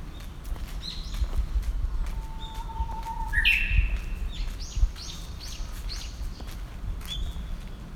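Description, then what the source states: Japanese bush warbler singing: a steady low whistle, then a sharp, quick flourish. Short high chirps sound throughout over a low rumble of background noise. Recorded April 2018.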